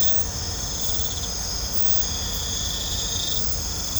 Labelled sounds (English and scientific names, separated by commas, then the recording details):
none
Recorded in pastures near Puerto Asís, Putumayo, Colombia, on 18 December 2024 at 22:30
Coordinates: 0.502, -76.324
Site G077